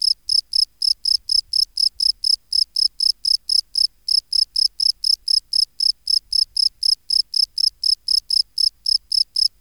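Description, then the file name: Field cricket song of steady, shrill chirps repeated about four times a second throughout, with a quiet background. "Bio Acoustica Gryllus campestris"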